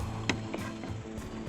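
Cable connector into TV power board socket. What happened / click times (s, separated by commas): The cable connector snapped into its socket / 0.3 s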